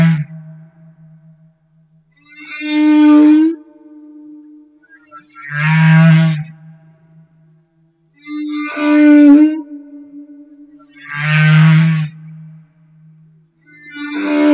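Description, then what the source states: Humpback whale song: harmonic moans alternating with low droning tones, repeated several times. Humpback whale off Madagascar.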